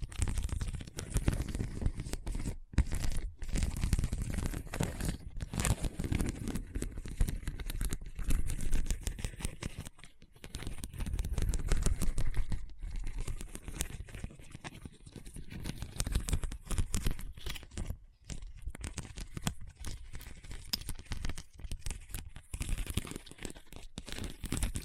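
Scratching over a hard, bumpy surface, a dense run of rough, rasping strokes with a gritty, tearing texture. The sound is continuous and fairly even in loudness, broken by brief gaps near 3, 10 and 18 seconds, with a heavy low rumble under the scraping.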